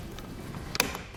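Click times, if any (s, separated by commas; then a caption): 0.8 s. A torque-limiting tool tightens a Yakima Timberline Tower clamp onto a Yakima CoreBar steel crossbar on the roof of a 2018 Nissan Pathfinder, with the crossbar overhang already set even on both sides. Through the low background rumble, a sharp click sounds at 0.8 s with a softer tick just after. It confirms the tool has reached its torque limit and the tower is tightened down.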